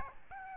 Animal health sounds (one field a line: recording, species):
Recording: mosquito wingbeat signal from an infrared sensor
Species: Aedes albopictus